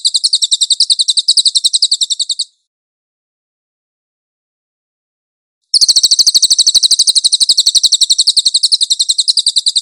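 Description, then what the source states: Cililin song: a rapid high trill, a pause of about three seconds, then a longer burst of the same fast, buzzy notes. Cililin song on a master (training) track.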